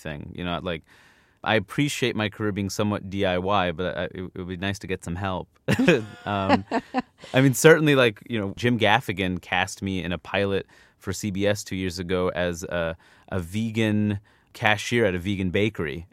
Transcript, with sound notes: You know, like, I appreciate my career being somewhat DIY, but it would be nice to get some help.
(LAUGHTER)
I mean, certainly, like, you know, Jim Gaffigan cast me in a pilot for CBS two years ago as a vegan cashier at a vegan bakery,